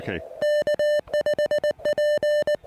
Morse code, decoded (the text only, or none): K5P